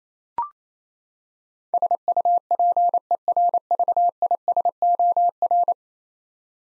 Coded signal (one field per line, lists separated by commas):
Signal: Morse code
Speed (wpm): 28 wpm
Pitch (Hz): 700 Hz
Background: none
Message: SUPERVISOR